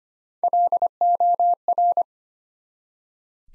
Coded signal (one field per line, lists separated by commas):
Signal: Morse code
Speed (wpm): 25 wpm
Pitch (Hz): 700 Hz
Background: none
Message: LOR